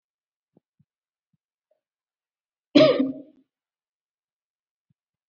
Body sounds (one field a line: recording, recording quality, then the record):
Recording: shallow voluntary cough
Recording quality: excellent, no background noise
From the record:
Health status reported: COVID-19 positive, moderate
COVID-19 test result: positive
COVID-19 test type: RT-PCR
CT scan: not taken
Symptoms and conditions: cold, breathing difficulty, sore throat, muscle pain, loss of smell and taste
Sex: female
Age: 22 years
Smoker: no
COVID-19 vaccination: both doses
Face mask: worn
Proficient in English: yes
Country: India